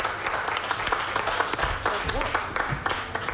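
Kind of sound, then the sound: crowd, theatre audience applause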